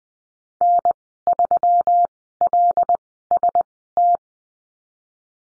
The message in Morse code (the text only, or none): N3LST